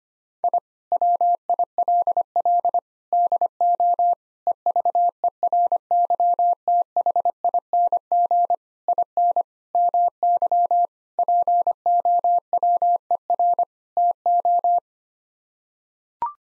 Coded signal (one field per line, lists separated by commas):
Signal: Morse code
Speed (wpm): 25 wpm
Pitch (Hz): 700 Hz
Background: none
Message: I WILL DO EVERYTHING IN MY POWER TO